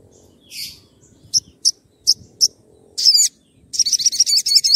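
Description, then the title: Oriental magpie-robin song: scattered short high chips, then a quick whistled flourish and a dense run of rapid, repeated twittering notes at the end. Vigorous (gacor) whistling song used as a lure to provoke other magpie-robins into answering. "Pancingan Suara Siulan Kacer Gacor Mantap Untuk Memancing Kacer Lain Agar Mau Nyaut Bunyi"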